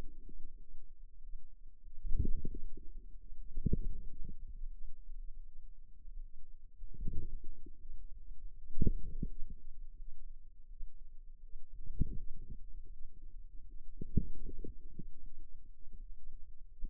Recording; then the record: forearm muscle sounds (acoustic myography)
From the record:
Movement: inward rotation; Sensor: system 2, bracelet of six BSWA MPA416 microphones around the upper forearm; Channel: 2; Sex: female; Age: 23 years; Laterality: right